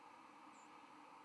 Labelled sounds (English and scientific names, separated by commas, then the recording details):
White-throated Sparrow (Zonotrichia albicollis) flight call
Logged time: 06:23 on 13 November 2014